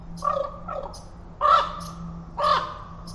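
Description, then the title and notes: Common Raven giving two soft croaks followed by two louder harsh croaks about a second apart. Raven calling from trees in forest at Totem Park, moving from tree to tree; about 9:30am, overcast with a little rain, breezy from southeast; tide falling. "Totem Park Wildlife. A raven calling in the forest reminded me of a time I was walking through the park with visiting Australians"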